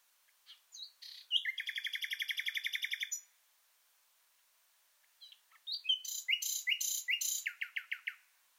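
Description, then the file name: Common nightingale song: a fast even trill of repeated notes for two seconds, a pause, then a varied run of loud sharp repeated phrases. "Luscinia megarhynchos"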